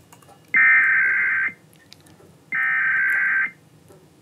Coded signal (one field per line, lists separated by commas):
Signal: Emergency Alert System (SAME) tones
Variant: header bursts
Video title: National EAS Test 2023